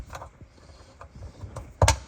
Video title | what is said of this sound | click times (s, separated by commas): FIX IT ALL Bosch E24 error | hear it click in. Important that that's in properly and it's clicked in. | 1.8 s